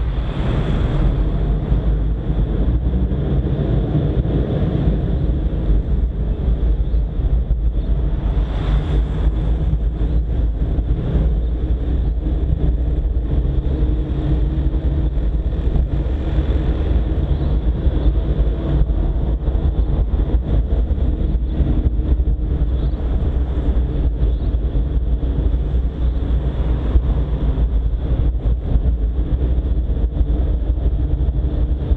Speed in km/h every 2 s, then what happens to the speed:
7, 12, 14, 17, 20, 23, 23, 25, 25, 26, 26, 24, 22, 23, 24, 23.
0-14 speeds up to 25. 14-32 steady at about 24.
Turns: none.